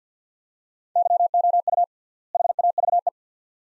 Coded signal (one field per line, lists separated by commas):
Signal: Morse code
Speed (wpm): 50 wpm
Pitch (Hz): 700 Hz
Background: none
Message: YOU HAVE